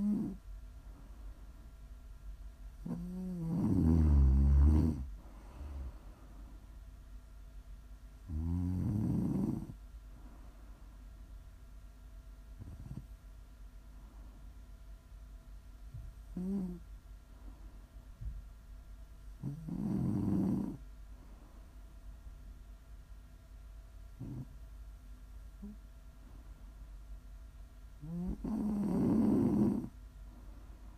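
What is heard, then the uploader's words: Deep, rumbling snores come in a slow, regular rhythm, about every five to six seconds, each swelling for a second or two before fading. Softer breaths sit between them, over a quiet, steady low hum. Please enjoy some prime ASMR snoring.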